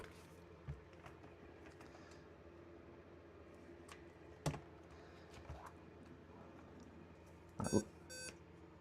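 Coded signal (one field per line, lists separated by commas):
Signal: beep code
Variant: laptop POST beeps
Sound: quiet room with a few clicks, then two short electronic beeps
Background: workshop clicks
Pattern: 2 short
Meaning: Two beeps point to a battery fault, as the repairer says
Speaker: Two beeps is two beeps battery because that's the thing now. What's changed is battery isn't isn't in.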